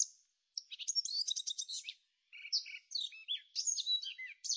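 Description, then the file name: Eurasian blackcap song in two bursts of hurried, chattering warble separated by a short pause, mixing scratchy notes with brief whistles. "Kapturka"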